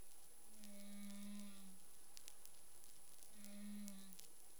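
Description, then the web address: Humpback whale moans: two steady low tonal notes separated by a pause, over a constant background hiss and crackle. Caribbean; recorded 25 February 2021 at 11:23 UTC. "CARIMAM. humpback whale 20210225 112328 UTC"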